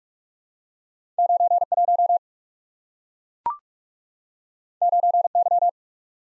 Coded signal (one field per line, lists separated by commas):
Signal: Morse code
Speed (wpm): 44 wpm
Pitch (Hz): 700 Hz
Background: none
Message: 91 9Y